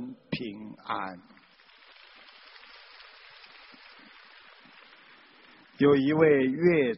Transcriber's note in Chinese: 掌声